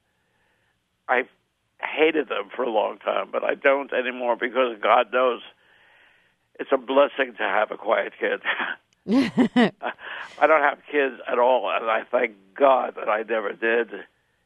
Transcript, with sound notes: I hated them for a long time. But I don't anymore because God knows, it's a blessing to have a quiet kid.
(SOUNDBITE OF LAUGHTER)
I don't have kids at all and I thank God that I never did.